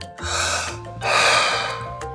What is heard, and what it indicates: Some people can even steer their wheelchairs with their breath. They do it by breathing in and out of a straw, which is great if they're not able to move their arms very well.